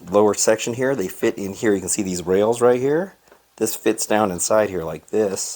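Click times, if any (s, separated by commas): none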